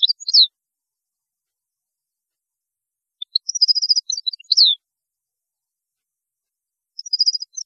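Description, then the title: European goldfinch song, liquid twittering phrases with a quick trill and a sharp rising-falling note, separated by long silent gaps. "Chant Chardonneret"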